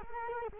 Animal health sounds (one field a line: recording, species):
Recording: mosquito wingbeat signal from an infrared sensor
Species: Culex quinquefasciatus